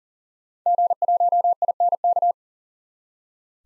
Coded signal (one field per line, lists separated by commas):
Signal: Morse code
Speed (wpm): 40 wpm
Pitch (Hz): 700 Hz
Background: none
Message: G1INK